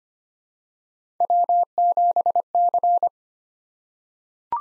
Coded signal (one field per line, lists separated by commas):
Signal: Morse code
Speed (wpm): 25 wpm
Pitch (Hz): 700 Hz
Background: none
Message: W7C